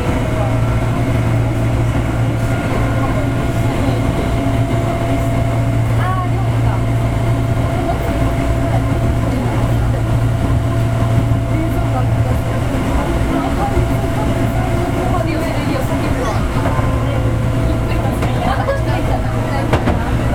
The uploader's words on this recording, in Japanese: 阪急電鉄 3100系の走行音です。収録区間は伊丹線。伊丹から塚口までです。